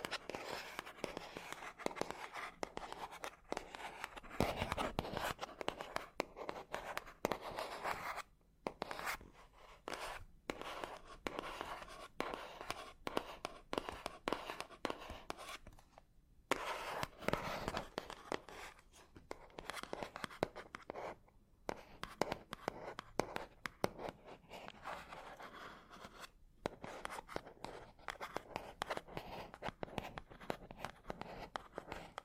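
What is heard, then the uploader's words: Fingernails tap and scratch across matte objects of plastic, glass, cardboard and metal in a dense, busy stream of crisp clicks and scrapes. The texture stays fairly even for the whole stretch, with brief gaps near 8, 16, 21 and 26 seconds. Scratchy Tapping on 4 Matte Objects Plastic, Glass, Cardboard, Metal (NO TALKING).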